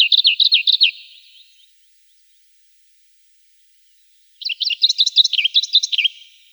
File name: Slavka zavirushka